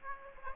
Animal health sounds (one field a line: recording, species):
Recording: mosquito wingbeat signal from an infrared sensor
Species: Aedes aegypti